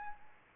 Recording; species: mosquito wingbeat signal from an infrared sensor; Aedes albopictus